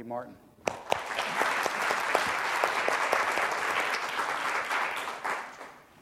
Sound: applause